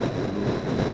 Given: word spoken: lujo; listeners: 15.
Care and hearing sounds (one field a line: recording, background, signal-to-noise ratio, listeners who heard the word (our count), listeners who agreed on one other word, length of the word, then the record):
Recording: one Spanish word in noise, from a listening test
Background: noise modulated by three-talker babble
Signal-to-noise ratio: -7.4 dB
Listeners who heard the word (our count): 0 of 15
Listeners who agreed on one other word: 7 of 15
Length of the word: 0.54 s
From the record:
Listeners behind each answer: 7, 1, 1, 1, 1, 1, 1, 1, 1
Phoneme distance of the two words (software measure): 17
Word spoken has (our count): 2 syllables, 4 phonemes, stress on syllable 1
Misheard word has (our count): 1 syllable, 3 phonemes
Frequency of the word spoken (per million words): 28.74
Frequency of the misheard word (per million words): 226.90